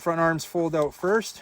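Someone talks while handling the front folding arms on the body of a NEHEME Tracker NH760 HD camera drone, which are about to be swung out to lock open. Only speech is heard, in three short voiced bursts. Nothing has seated or clicked yet.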